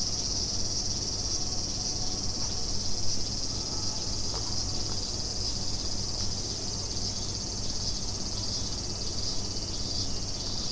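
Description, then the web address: Cicada buzzing in a steady, unbroken high drone that holds level throughout, with a low rumble beneath and a few faint clicks. Recorded 29 July 2016. "fukudai fu coop cicada"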